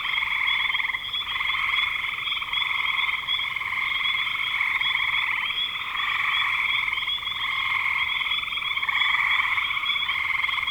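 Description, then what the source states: Frog chorus of many pulsed trills overlapping into a steady high drone, with a few brief dips in loudness. Frogs recorded in spring 2025.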